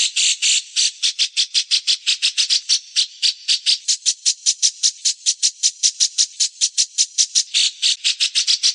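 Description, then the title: Grey-cheeked bulbul giving a steady series of rough, buzzy notes in fast succession, loud and continuous throughout, no background sounds. "cucak jenggot"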